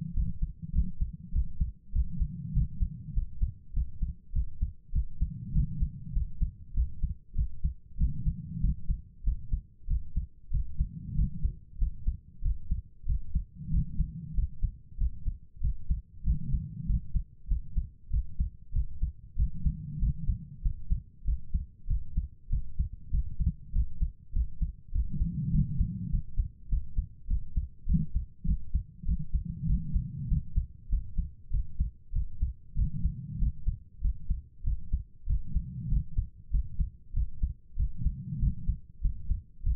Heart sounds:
heart sounds by stethoscope; 97 bpm
0.13 s: heartbeat
0.71 s: heartbeat
1.31 s: heartbeat
1.91 s: heartbeat
2.52 s: heartbeat
3.12 s: heartbeat
3.72 s: heartbeat
4.31 s: heartbeat
4.91 s: heartbeat
5.51 s: heartbeat
6.12 s: heartbeat
6.73 s: heartbeat
7.34 s: heartbeat
7.96 s: heartbeat
8.59 s: heartbeat
9.22 s: heartbeat
9.86 s: heartbeat
10.49 s: heartbeat
11.14 s: heartbeat
11.77 s: heartbeat
12.41 s: heartbeat
13.05 s: heartbeat
13.69 s: heartbeat
14.33 s: heartbeat
14.96 s: heartbeat
15.59 s: heartbeat
16.23 s: heartbeat
16.85 s: heartbeat
17.47 s: heartbeat
18.09 s: heartbeat
18.71 s: heartbeat
19.35 s: heartbeat
19.98 s: heartbeat
20.61 s: heartbeat
21.23 s: heartbeat
21.86 s: heartbeat
22.48 s: heartbeat
23.10 s: heartbeat
23.71 s: heartbeat
24.32 s: heartbeat
24.91 s: heartbeat
25.50 s: heartbeat
26.09 s: heartbeat
26.68 s: heartbeat
27.26 s: heartbeat
27.85 s: heartbeat
28.44 s: heartbeat
29.04 s: heartbeat
29.65 s: heartbeat
30.27 s: heartbeat
30.88 s: heartbeat
31.49 s: heartbeat
32.11 s: heartbeat
32.74 s: heartbeat
33.37 s: heartbeat
34.00 s: heartbeat
34.62 s: heartbeat
35.25 s: heartbeat
35.87 s: heartbeat
36.50 s: heartbeat
37.12 s: heartbeat
37.75 s: heartbeat
38.38 s: heartbeat
39.00 s: heartbeat
39.62 s: heartbeat
From the record:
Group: healthy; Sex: female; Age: 32 years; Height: 172 cm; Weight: 71.7 kg

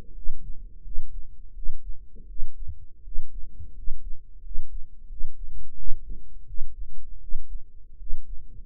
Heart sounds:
heart sounds by microphone in the right ear; 84 bpm
0.14 s: heartbeat
0.83 s: heartbeat
1.54 s: heartbeat
2.27 s: heartbeat
3.03 s: heartbeat
3.74 s: heartbeat
4.42 s: heartbeat
5.08 s: heartbeat
5.75 s: heartbeat
6.46 s: heartbeat
7.19 s: heartbeat
7.97 s: heartbeat
From the record:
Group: healthy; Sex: male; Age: 23 years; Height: 179 cm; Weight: 87 kg

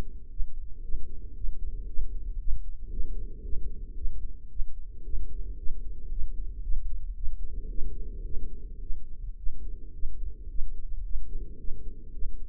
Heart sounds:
heart sounds by microphone in the right ear; 112 bpm
0.33 s: heartbeat
0.85 s: heartbeat
1.37 s: heartbeat
1.90 s: heartbeat
2.42 s: heartbeat
2.93 s: heartbeat
3.46 s: heartbeat
3.99 s: heartbeat
4.52 s: heartbeat
5.06 s: heartbeat
5.59 s: heartbeat
6.12 s: heartbeat
6.65 s: heartbeat
7.17 s: heartbeat
7.71 s: heartbeat
8.27 s: heartbeat
8.83 s: heartbeat
9.39 s: heartbeat
9.95 s: heartbeat
10.51 s: heartbeat
11.06 s: heartbeat
11.61 s: heartbeat
12.15 s: heartbeat
From the record:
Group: healthy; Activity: rest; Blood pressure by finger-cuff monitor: 151/80 mmHg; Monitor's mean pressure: 98 mmHg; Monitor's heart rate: 113 bpm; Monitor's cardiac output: 8 L/min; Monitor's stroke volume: 70 mL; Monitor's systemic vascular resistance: 910 dyn s/cm5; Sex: female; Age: 43 years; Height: 160 cm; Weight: 90 kg

